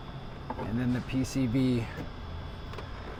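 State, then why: Seated. During an S&B cold air intake install on a 2017-2022 Colorado/Canyon 3.6L, the plastic quick-connect end of the crankcase ventilation hose is pushed onto its fitting on the intake tube. A short click at 0.5 s marks it locking into place, and someone talks through the rest of the clip.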